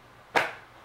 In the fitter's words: you're going to have to force this a little bit to get it down in there and to snap into place.